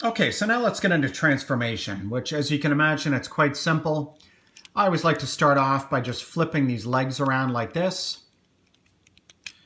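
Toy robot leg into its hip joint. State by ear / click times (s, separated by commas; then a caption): seated / 9.5 s. Someone talks while flipping the legs of a die-cast and plastic toy robot around during its transformation; small clicks and handling noises follow once the talking stops. The toy robot's legs snap into their hip joints at 9.5 s and are held in place by friction.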